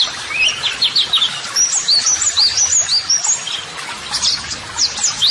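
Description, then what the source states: White-eye song: rapid bright chirps and upslurred notes in quick succession, a tumbling high twitter. White-eye singing vigorously ('gacor'), used as a model song (masteran) for training.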